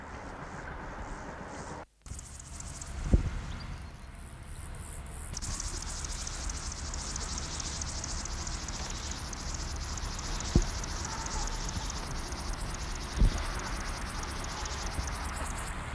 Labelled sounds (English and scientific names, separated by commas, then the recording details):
Upland Field Grasshopper (Chorthippus apricarius) stridulation
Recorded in the wild
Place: Blankenfelde, Tegeler Fließ, Berlin, DE
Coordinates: 52.625, 13.404
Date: 1992-08-29 11:30
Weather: heiter (schwül), 23-28°C
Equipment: Marantz CP 430, Sennheiser ME 80, Kopie Tesla B 116
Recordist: Tembrock, Günter